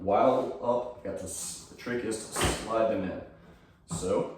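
Someone talks while holding up the lock tab on a Concept C2 rower and angling the rail's metal joint bar toward its holder under the lid between the foot pads, with brief handling rustles and a low knock around 2.4 s between the words. The monorail joint bar has not yet slid into the front frame latch, and nothing has seated or clicked yet.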